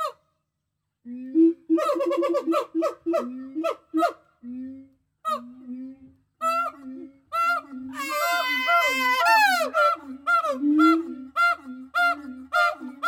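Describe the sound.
Gibbon calls, a dense sequence of hoots and upswept notes, rising into a loud whooping climax with overlapping swooping cries in the second half, then continuing in quick rhythmic notes.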